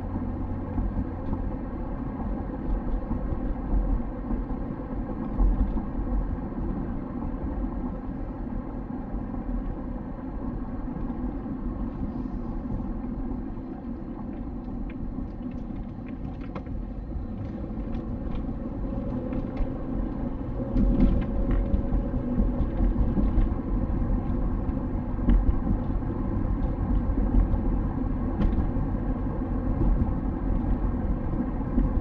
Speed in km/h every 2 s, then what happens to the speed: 56, 55, 53, 50, 49, 42, 34, 24, 29, 42, 50, 54, 56, 57, 59, 58.
0-14 slows to 24. 15-32 speeds up to 58.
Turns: none.